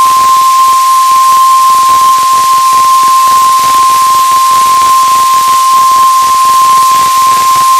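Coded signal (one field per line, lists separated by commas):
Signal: Emergency Alert System (SAME) tones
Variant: 1050 Hz attention tone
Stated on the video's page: NOAA Weather Radio weekly tests from two transmitters.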